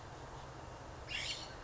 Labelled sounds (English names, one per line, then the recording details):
California Scrub-Jay
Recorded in Sonoma County, California